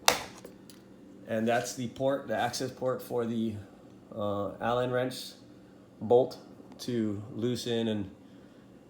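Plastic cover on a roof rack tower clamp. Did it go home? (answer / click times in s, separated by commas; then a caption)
released / 0.1 s. A plastic cover pops off the top of a Thule Evo clamp roof rack tower for a 2016–2020 Tacoma's bare roof, making a sharp, loud hit at 0.1 s and releasing to expose the access port for the Allen wrench bolt. A faint softer tick follows, then someone talks.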